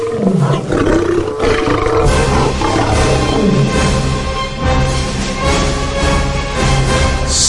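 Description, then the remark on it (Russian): A trapped lion roars furiously in long, deep, rumbling bursts with rising and falling growls, loud and sustained over a heavy low background, with no speech. “Увидев, что он оказался в ловушке, зверь яростно зарычал.”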